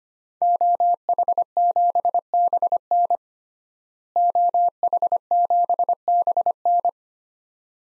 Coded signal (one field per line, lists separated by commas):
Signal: Morse code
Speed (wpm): 25 wpm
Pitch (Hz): 700 Hz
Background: none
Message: OH7BN OH7BN